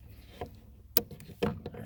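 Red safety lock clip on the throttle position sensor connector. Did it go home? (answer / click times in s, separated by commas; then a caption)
released / 1.0 s. On a 2018 Chevrolet Malibu, the red plastic safety clip on the throttle position sensor's electrical connector is pried up to unlock it, as part of a P2138 fix. One sharp click sounds at 1.0 s, among softer rubbing and tapping handling noises. The clip clicks open and the connector is released.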